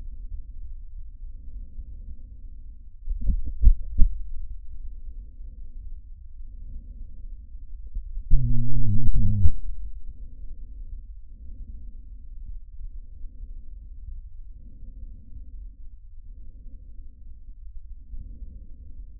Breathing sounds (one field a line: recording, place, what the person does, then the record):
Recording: lung sounds by stethoscope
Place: trachea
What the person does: quiet breathing, then cough and speech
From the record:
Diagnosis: COPD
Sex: male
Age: 80 years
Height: 171 cm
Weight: 75 kg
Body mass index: 25.6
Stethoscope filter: bell mode